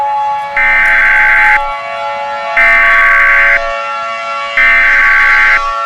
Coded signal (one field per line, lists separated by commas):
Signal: Emergency Alert System (SAME) tones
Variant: header bursts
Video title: EAS Scenario #8 - AMERICAN PSYCHO (4th of July Special)